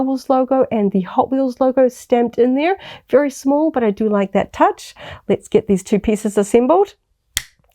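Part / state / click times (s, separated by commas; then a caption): display stand piece into its base / seated / 7.4 s. Someone talks while handling the two plastic pieces of the display stand for a Hot Wheels Starships Select Star Wars Naboo Starfighter die-cast starship, then presses the stand piece into its base. It snaps home with a sharp click at 7.4 s, followed by faint ticks, and the stand is seated; the definitive click holds well so the heavy metal vehicle won't tip over.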